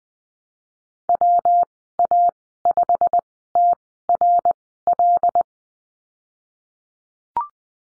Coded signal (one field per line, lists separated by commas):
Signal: Morse code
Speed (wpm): 20 wpm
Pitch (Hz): 700 Hz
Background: none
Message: WA5TRL